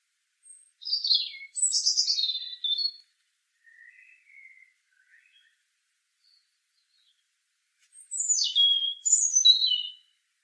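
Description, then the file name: European robin singing in two bursts: high sliding whistles and trills, a quiet twittering middle section, then another bright high descending phrase after a pause. "Erithacus rubecula"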